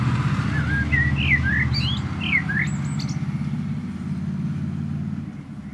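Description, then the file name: Common blackbird giving a string of short mellow whistled notes over a loud, steady low rumble. "Turdus merula"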